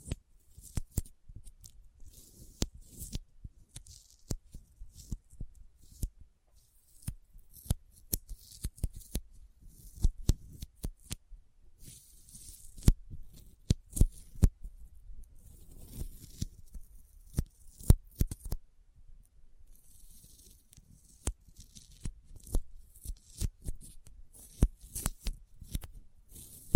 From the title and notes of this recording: ASMR Intense Sticky Finger Sounds (No Talking).